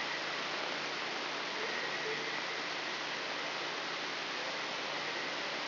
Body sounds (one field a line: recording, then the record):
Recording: brain microelectrode recording played as sound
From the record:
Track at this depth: inside the subthalamic nucleus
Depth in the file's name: 3.908 mm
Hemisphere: left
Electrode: 3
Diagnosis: Parkinson's disease